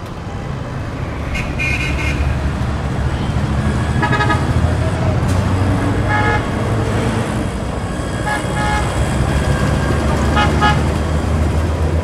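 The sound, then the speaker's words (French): Several car horns honk in short bursts over a steady roar of street traffic and engines on an evening in Delhi, India, with faint voices mixed into the constant, loud din. “Conduire sans klaxonner en Inde, c'est inimaginable.”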